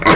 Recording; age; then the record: pig call; piglet (1 to 25 days)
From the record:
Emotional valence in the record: positive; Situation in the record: reunion after long isolation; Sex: male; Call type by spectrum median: low-frequency call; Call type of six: low-frequency tonal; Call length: 0.16 s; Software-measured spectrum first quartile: 635 Hz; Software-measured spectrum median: 1227 Hz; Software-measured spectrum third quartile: 2651 Hz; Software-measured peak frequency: 1089 Hz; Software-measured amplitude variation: 172 dB a second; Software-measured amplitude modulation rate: 15.8 a second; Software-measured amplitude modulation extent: 10.9 dB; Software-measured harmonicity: -0.8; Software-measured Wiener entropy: -1.24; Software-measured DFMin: 900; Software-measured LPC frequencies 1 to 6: 1121, 2046, 3802, 4149, 5231, 6137 Hz